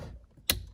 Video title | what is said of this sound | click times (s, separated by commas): Fortin Evo-One/ Thar-One-Maz3 - Remote Start Install on Mazda 2019 CX-5 GT | click. There we go. | 0.5 s